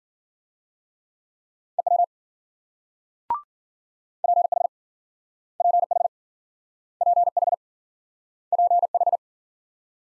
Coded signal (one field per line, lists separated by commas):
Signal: Morse code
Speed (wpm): 52 wpm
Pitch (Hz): 700 Hz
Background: none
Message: EW PH PH PH PH